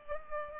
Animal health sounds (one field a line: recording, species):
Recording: mosquito wingbeat signal from an infrared sensor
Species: Culex pipiens